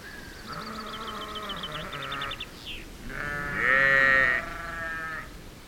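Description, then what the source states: Sheep bleats: a trembling, quavering bleat first, then a long, steady, loud bleat after a short pause. Sheep outdoors at feeding time.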